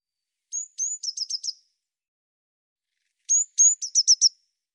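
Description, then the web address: Eurasian blue tit call: two thin, high whistled notes followed by a quick run of buzzy notes, given twice about three seconds apart, with no other sounds. "cianscape birddata Deverinetal 2025 File cleaned normalized Bird Cy Ca"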